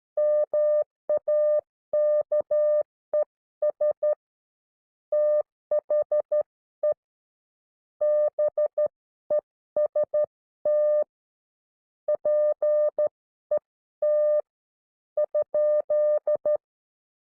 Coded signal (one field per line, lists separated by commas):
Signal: Morse code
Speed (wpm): 13 wpm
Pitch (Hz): 560 Hz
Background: none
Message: MAKES THE BEST PET ?